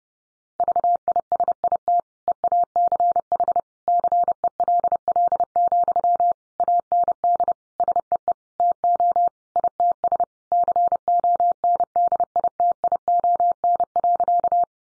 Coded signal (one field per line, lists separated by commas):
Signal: Morse code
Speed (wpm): 30 wpm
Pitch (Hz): 700 Hz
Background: none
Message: VISIT EACH CELL, AND SEE TO ITS CONDITION.